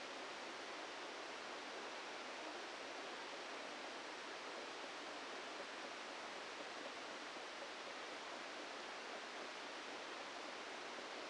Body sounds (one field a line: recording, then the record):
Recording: brain microelectrode recording played as sound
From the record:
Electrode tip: inside the subthalamic nucleus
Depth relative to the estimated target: -1 mm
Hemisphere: left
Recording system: NeuroSet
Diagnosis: Parkinson's disease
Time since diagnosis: 14 years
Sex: male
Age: 51 years